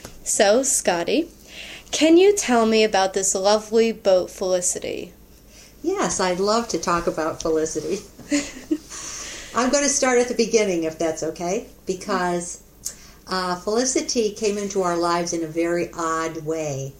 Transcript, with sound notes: So, Scottie, can you tell me about this lovey boat Felicity?
Yes, I'd love to talk about Felicity. [laughter] I'm going to start at the beginning if that's ok? Because, Felicity came into our lives in a very odd way.